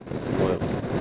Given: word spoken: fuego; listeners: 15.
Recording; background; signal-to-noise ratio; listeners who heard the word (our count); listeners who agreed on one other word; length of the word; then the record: one Spanish word in noise, from a listening test; noise modulated by three-talker babble; -5.0 dB; 3 of 15; 12 of 15; 0.61 s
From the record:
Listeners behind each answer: 12, 3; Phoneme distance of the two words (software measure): 10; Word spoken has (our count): 2 syllables, 5 phonemes, stress on syllable 1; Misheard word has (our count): 2 syllables, 5 phonemes, stress on syllable 1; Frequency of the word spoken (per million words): 109.36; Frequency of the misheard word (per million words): 163.36